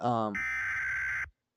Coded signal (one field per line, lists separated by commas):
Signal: Emergency Alert System (SAME) tones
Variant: header bursts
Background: speech